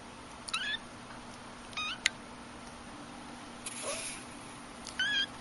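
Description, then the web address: Cat giving several short, thin, high-pitched mews spread over about five seconds, against a steady faint hiss. "hayvanlar Sevimlikedi"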